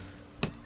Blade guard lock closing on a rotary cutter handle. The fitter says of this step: and then close it and did you hear it click